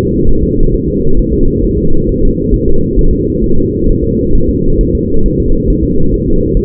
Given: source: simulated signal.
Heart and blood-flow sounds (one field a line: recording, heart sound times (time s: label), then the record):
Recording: fetal heart sounds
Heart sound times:
0.29 s: S1
0.43 s: S2
0.74 s: S1
0.88 s: S2
1.19 s: S1
1.33 s: S2
1.64 s: S1
1.78 s: S2
2.09 s: S1
2.23 s: S2
2.54 s: S1
2.68 s: S2
2.99 s: S1
3.13 s: S2
3.44 s: S1
3.58 s: S2
3.89 s: S1
4.04 s: S2
4.35 s: S1
4.49 s: S2
4.81 s: S1
4.95 s: S2
5.26 s: S1
5.40 s: S2
5.70 s: S1
5.84 s: S2
6.14 s: S1
6.28 s: S2
6.57 s: S1
From the record:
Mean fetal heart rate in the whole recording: 135 bpm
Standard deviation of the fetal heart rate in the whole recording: 3 bpm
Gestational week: 36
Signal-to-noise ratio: -19.1 dB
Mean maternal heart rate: 72 bpm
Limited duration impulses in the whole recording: present